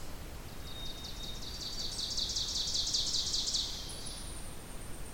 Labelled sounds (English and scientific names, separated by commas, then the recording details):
Ovenbird (Seiurus aurocapilla) song
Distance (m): 40 m
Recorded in boreal forest in Alberta, Canada, on 2 June 2016 at 07:01
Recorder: SongMeter 3, array SBT-3-7
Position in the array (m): 238 m, 38 m
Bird 6